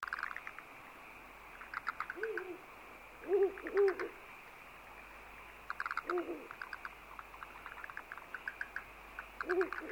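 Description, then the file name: Owl hooting with soft, low, hollow hoots, singly and in pairs every few seconds, over faint high chirping. "fukurou"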